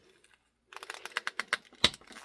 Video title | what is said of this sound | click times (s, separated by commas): NECA Ultimate Vincent Price Action Figure Review | there we go it pops into place and there we go | 1.9 s